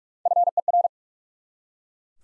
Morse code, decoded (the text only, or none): FER